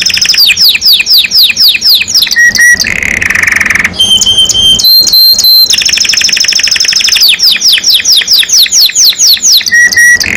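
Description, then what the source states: Canary song with quick repeated sweeping notes, a harsh buzzy rattle, clear level whistles, then more rapid downslurred trills continuing throughout. Domestic canary described as gacor, singing constantly; a champion songbird, first place at a competition level.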